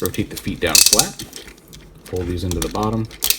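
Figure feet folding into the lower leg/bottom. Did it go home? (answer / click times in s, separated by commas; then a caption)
no / none. The feet of a plastic TakaraTomy Transformers Masterpiece MP-37 Artfire robot figure are rotated down flat and folded toward the bottom of the figure while someone talks, with light plastic handling noise. Nothing has seated or clicked into place yet.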